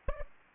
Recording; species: mosquito wingbeat signal from an infrared sensor; Aedes aegypti